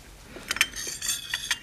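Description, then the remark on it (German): Keys to an apartment and a cottage jingle as they are handed over, in a short burst of bright, light metallic clinks that tap and rattle unevenly for a moment and then settle, fairly quiet and with no voices. “Ich habe die Schlüssel zu ihrer Wohnung. Und zum Cottage. Ich gebe sie dir.”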